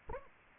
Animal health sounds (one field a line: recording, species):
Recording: mosquito wingbeat signal from an infrared sensor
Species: Anopheles arabiensis